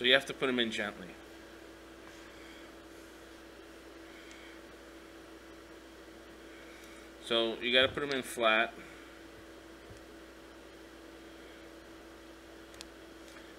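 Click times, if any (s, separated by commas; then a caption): 12.8 s. Someone talks while fitting small internal parts flat and gently into the body of a Megan 26650 MOJO mechanical vape mod, backing the part off and then moving it forward. After a quiet stretch, a single sharp snap at 12.8 s marks the part seating into place.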